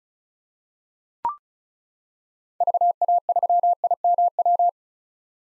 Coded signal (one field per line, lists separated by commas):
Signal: Morse code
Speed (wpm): 36 wpm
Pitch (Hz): 700 Hz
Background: none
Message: VA3IMW